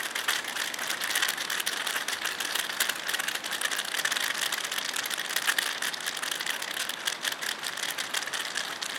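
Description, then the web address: Oilbird calls as a steady wall of harsh, grating screeches laced with sharp rapid clicking, continuous from start to finish. "صدای-مرغ-روغنی"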